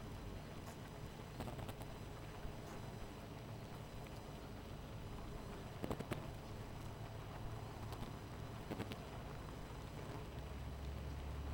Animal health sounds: honeybee colony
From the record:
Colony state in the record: missing queen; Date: 14 July 2017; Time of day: 18:41

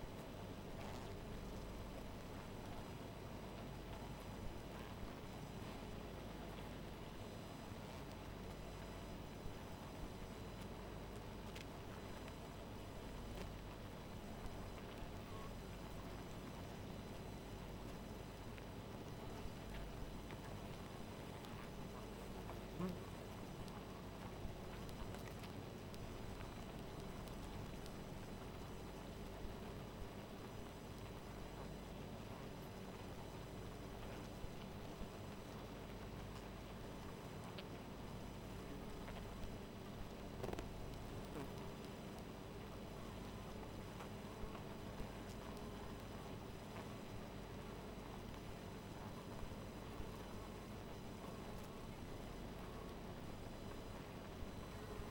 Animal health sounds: honeybee colony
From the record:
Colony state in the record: missing queen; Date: 14 July 2017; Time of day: 1:55

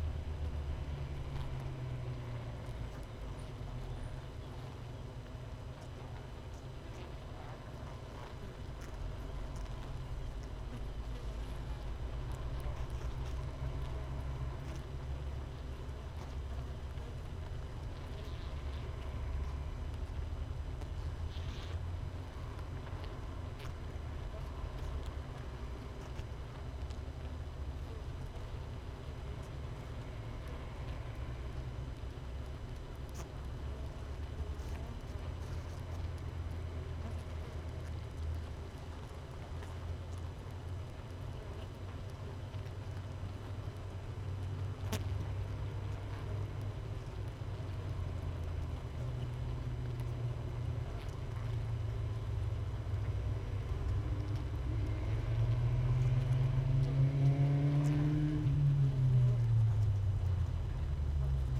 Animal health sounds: honeybee colony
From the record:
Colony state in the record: missing queen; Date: 31 May 2018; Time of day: 5:55

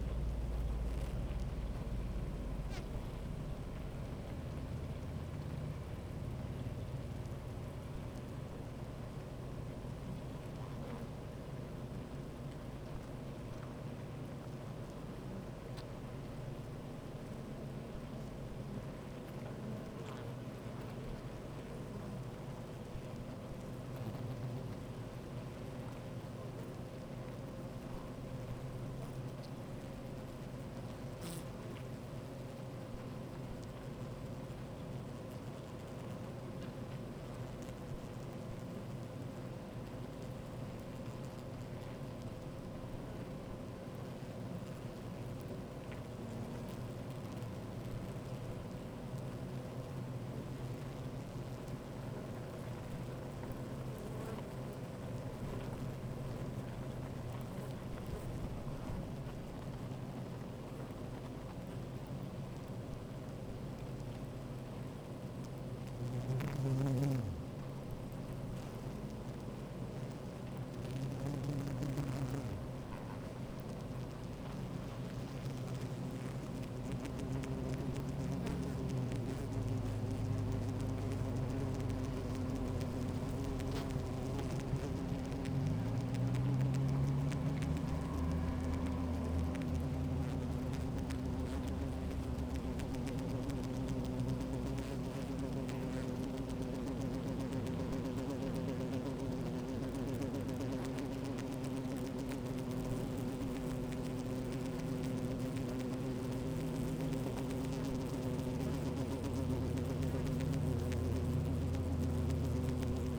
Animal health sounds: honeybee colony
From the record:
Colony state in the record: active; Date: 28 July 2017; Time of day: 13:27

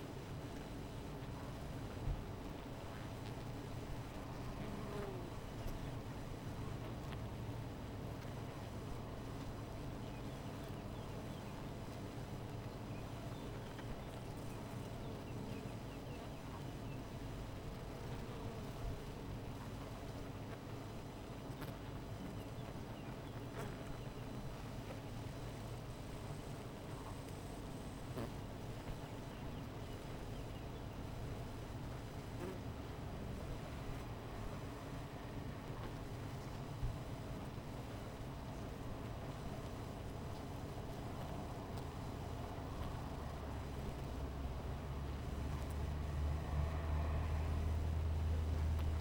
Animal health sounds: honeybee colony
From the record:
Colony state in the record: missing queen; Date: 14 July 2017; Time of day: 16:33

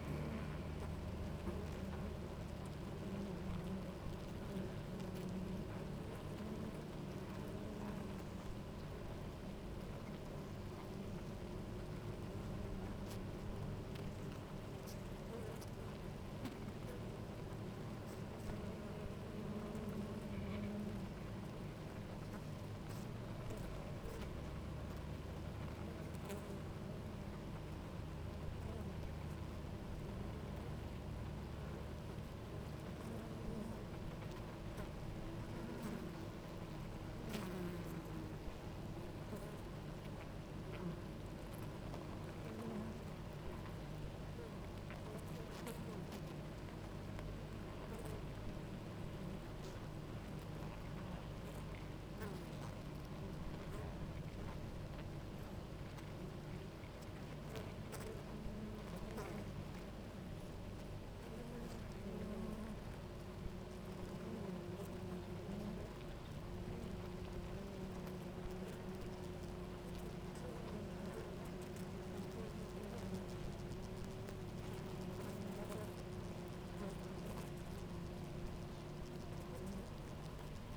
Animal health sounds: honeybee colony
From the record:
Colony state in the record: active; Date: 28 July 2017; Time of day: 10:44

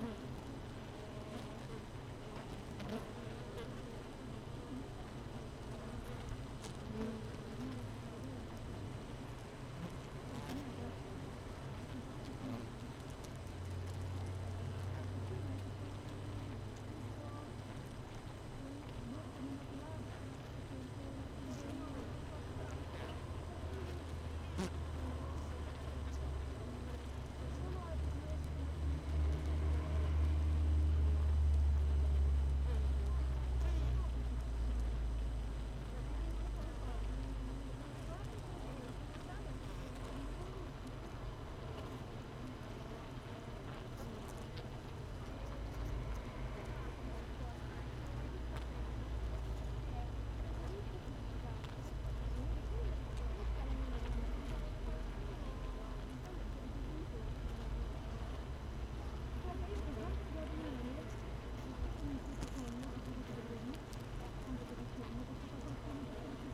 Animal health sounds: honeybee colony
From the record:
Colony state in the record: missing queen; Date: 31 May 2018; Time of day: 16:00

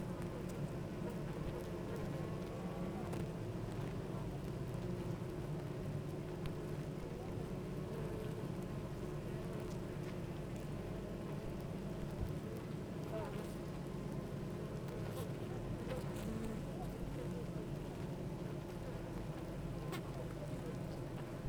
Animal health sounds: honeybee colony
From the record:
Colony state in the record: active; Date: 28 July 2017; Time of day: 9:05

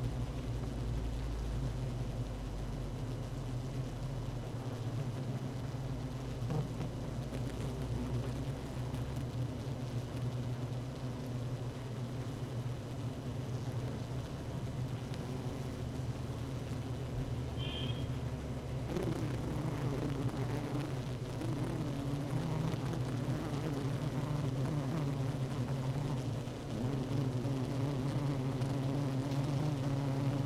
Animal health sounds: honeybee colony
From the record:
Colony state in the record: active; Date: 12 June 2018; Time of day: 16:53

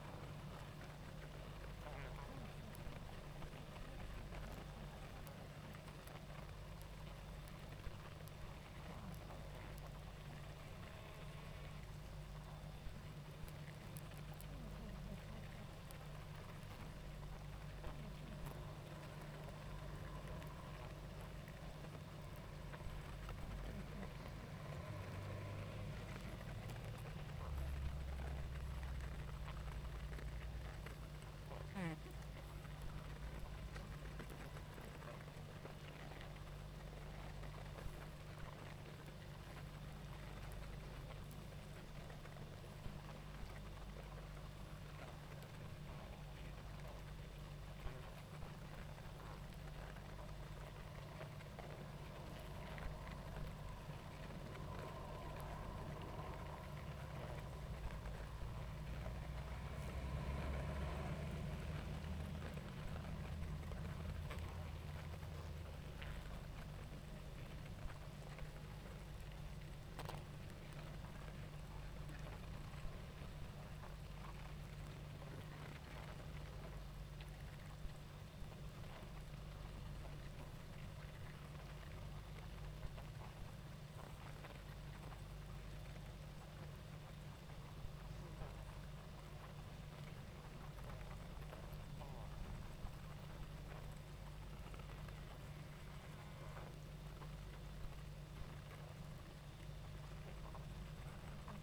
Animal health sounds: honeybee colony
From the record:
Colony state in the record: active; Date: 28 July 2017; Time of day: 19:30

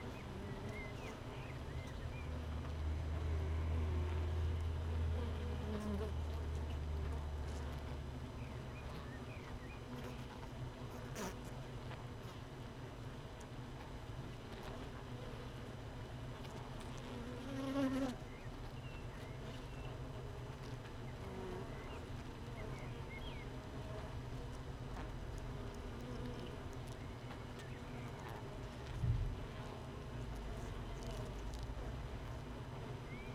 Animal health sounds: honeybee colony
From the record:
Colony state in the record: missing queen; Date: 31 May 2018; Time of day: 15:43

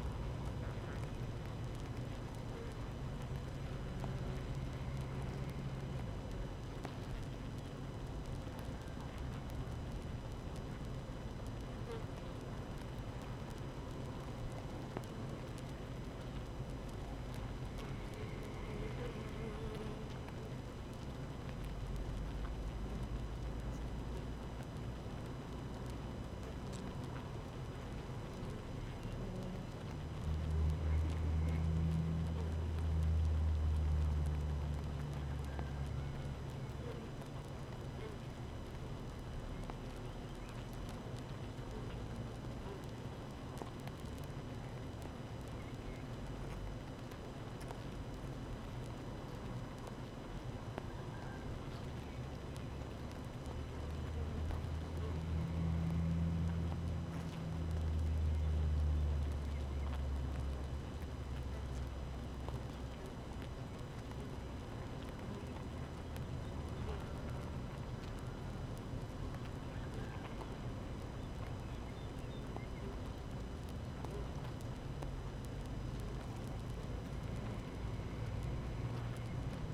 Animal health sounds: honeybee colony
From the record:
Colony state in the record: active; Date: 12 June 2018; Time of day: 7:25

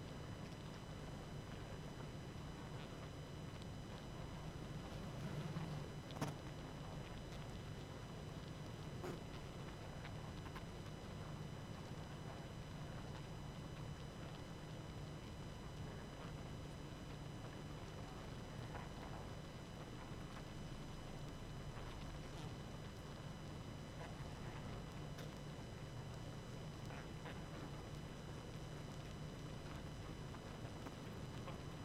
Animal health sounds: honeybee colony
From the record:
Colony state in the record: active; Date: 12 June 2018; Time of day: 21:09

